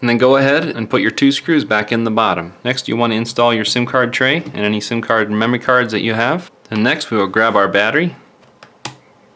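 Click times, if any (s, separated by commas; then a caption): 8.6 s, 8.9 s. Someone talks while the battery module, with its attached bottom chin, is slid back into the bottom of an LG G5 phone body. Two sharp snap-like clicks follow at 8.6 s and 8.9 s, and the module seats home.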